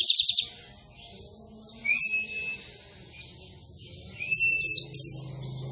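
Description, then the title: White-eye: pleci-type song: a short high trill, then quieter thin whistles and a few sharp downward-swept chirps near the end. Described as a lively pleci delivering long bursting song with canary-like phrases. "Pleci Gacor. Pleci Nembak Panjang Istimewa Full Kenarian SobekSobek"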